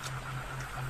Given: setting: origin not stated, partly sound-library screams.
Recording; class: one-second piece from a danger detection set; normal situation